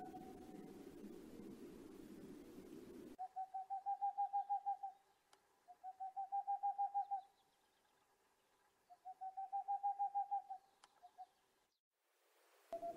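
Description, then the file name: Boreal owl song, three rapid series of hollow hoots after a stretch of rumbling background noise; a couple of sharp clicks are heard. "Rauhfusskauz"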